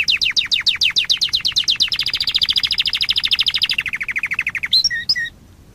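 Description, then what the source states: Canary song as a rapid rolling trill of downward-slurred notes that gradually drops in pitch, closing with a couple of clear whistled notes. Long-duration canary song style.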